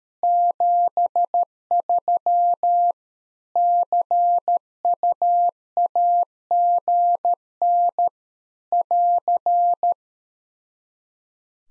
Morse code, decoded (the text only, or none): 73 CUAGN <AR>